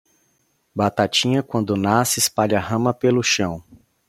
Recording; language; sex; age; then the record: short text; Brazilian Portuguese; male; 30 to 39 years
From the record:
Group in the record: control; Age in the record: 36 years